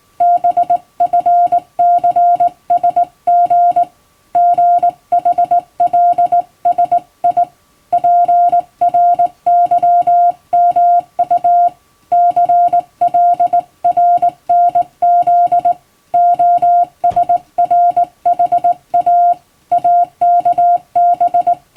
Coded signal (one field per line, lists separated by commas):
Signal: Morse code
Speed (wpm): 20 wpm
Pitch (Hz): 700 Hz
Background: music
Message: BFCSG GHLSI PRYMU CLRNZ OSRHA AKB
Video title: 退職後の趣味に最高！手打ちで綺麗に打てるとカッコイイかも！昔やってたアマチュア無線を再開しよう！脳トレにもなります！欧文モールスを電報形式で打ってみました！(morse code practice)